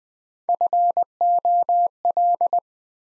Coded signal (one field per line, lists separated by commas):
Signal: Morse code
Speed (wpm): 20 wpm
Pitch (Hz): 700 Hz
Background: none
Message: FOL